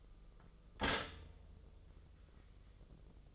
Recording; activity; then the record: daily activity, microphone in the room; stop toaster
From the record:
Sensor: 4